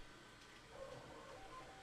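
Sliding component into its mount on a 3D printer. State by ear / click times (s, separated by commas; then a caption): not seated / none. A component of a new Bambu P1P 3D printer is slid to the left into its mount during setup, with a quiet, steady handling rustle that grows slightly louder and picks up faint scraping tones from about 0.8 s on. Nothing has seated or clicked yet.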